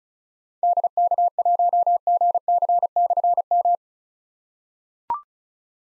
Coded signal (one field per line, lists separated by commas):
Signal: Morse code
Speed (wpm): 36 wpm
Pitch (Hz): 700 Hz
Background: none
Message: DK1GC/M